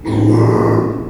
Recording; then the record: squeal of a Yucatan mini pig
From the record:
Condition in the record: before surgery on the right vocal fold (resection and tissue-engineered implant); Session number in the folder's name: 1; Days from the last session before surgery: -3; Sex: male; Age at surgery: 12 weeks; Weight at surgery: 13 kg